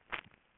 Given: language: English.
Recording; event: throat vibration sensor signal played as sound; swallow